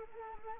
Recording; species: mosquito wingbeat signal from an infrared sensor; Anopheles arabiensis